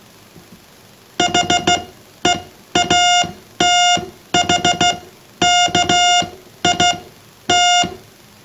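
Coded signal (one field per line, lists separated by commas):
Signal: Morse code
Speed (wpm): 15 wpm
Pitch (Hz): 710 Hz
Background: none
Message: H E A T H K I T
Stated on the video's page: Morse from a Heathkit HD-1416 code oscillator.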